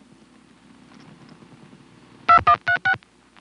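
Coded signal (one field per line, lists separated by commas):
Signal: DTMF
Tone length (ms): 90 ms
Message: 2136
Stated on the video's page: Recorded on a Stromberg-Carlson ESC telephone exchange in Chancellor, Virginia.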